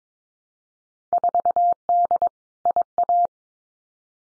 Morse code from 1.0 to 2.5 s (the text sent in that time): 4D